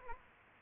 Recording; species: mosquito wingbeat signal from an infrared sensor; Aedes aegypti